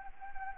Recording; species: mosquito wingbeat signal from an infrared sensor; Anopheles arabiensis